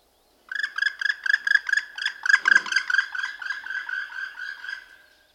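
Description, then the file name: Black woodpecker with a fast run of harsh, clipped notes, about four per second, loudest in the middle and fading toward the end. "palokarki janerikbruun"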